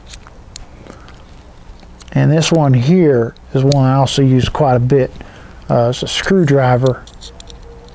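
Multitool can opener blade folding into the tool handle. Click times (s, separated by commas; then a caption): 0.6 s. The can opener on a metal Leatherman Signal multitool has its lock released and folds back down into the handle, with the loudest sharp click at 0.6 s among a few light ticks. Someone then talks from about 2.2 s to 6.9 s, and two more small clicks follow near 7.4 and 7.5 s.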